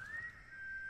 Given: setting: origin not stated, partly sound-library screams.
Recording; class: one-second piece from a danger detection set; normal situation